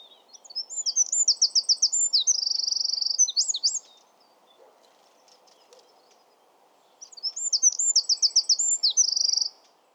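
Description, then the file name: Eurasian wren gives two bursts of song, each several seconds of rapid high trills and a buzzy rattle, separated by about three seconds of quiet. "Troglodytes troglodytes"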